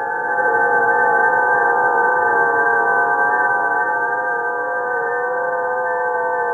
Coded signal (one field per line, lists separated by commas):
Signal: FT8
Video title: SDR Raspberry Pi OpenShot Install